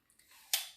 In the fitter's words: you'll hear it click so that means that the firearm is now loaded